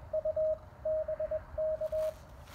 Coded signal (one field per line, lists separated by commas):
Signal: Morse code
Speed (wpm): 22 wpm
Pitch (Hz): 630 Hz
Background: radio noise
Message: U BK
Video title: CW Cootie POTA Activation of K-1001 using Elecraft KX1, KXPD1 paddles and a unique home-brew EFHW